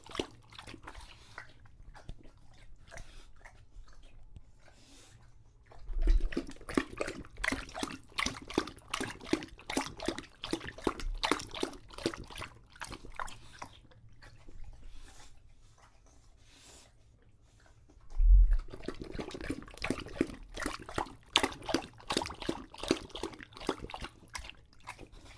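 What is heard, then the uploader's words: An English bulldog laps water from a bowl in quick, regular slurps. The lapping comes in two busy bursts, from about 6 to 12 seconds and again from 18 seconds on, each starting with a low thump, with quieter scattered licks and a faint low hum between. English Bulldog Drinks from Water Bowl.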